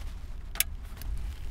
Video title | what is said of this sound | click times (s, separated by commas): How to replace / change a Navigation Screen 2004 2005 2006 2007 2008 Acura TL REPLACE DIY PART 2 | you hear it click | 0.6 s